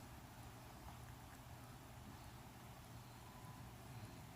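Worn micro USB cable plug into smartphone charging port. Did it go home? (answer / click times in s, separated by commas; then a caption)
no / none. An old, worn micro USB cable plug is pushed into a smartphone's charging port, and only a steady, low background hum is heard with no distinct sharp sounds. No click occurs, so the plug has not seated and wiggles loosely in the port.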